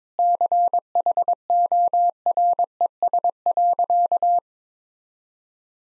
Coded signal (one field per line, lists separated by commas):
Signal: Morse code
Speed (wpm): 22 wpm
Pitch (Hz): 700 Hz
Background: none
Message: CHORES.